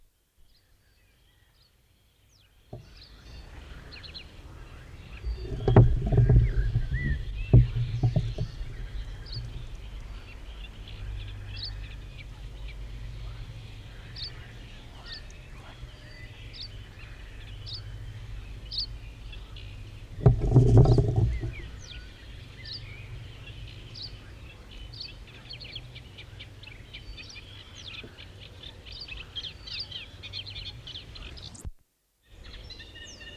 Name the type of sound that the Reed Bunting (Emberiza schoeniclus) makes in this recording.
song